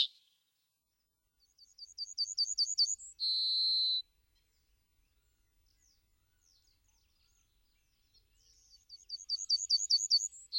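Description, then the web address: Yellowhammer song: a quick run of high, repeated thin notes ending in one long, drawn-out note, followed after a pause by another rapid series starting up. "Gulspurv"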